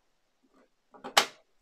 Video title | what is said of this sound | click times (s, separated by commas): Build the Ghostbusters Ecto-1 - Issue 105 + 106 - Finish The Rear Door + Rear Wing (Speed Build) | it clicks into place nice there you go how cool is that | 1.2 s